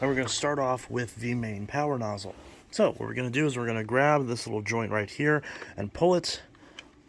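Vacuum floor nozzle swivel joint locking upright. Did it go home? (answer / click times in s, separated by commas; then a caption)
no / none. Someone talks while handling the swivel joint on the main power nozzle of a Shark Navigator Lift-Away ADV vacuum, getting ready to pull it up into its upright locked position. The joint is quite stiff at first. Two faint ticks come near the end, but nothing has seated or clicked into place yet.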